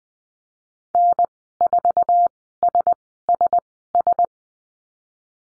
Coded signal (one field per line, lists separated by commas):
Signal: Morse code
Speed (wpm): 20 wpm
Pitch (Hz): 700 Hz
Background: none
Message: N4SSS